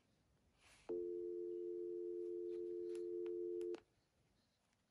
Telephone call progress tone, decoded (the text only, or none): dial tone